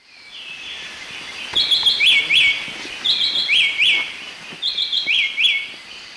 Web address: Natures Songs S America Eastern Lowlands Henicorhina leucosticta, song